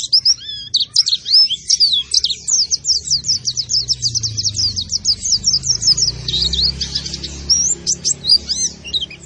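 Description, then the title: White-eye song, a rapid, continuous run of high, thin, twittering notes and quick slurred whistles, hardly pausing throughout, with a faint low hum beneath. Bird singing in intense, continuous 'gacor' style, reportedly fed only banana without doping supplements. "Pleci Gacor Tanpa Doping Hanya Pake Pisang"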